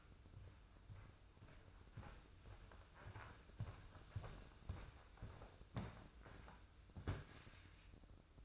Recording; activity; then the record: daily activity, microphone in the room; walk to room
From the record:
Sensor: 2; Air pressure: 995.4 hPa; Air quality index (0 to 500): 83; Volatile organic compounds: 3 ppm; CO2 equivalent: 1498 ppm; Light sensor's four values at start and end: 23/75/30/28 and 23/75/29/28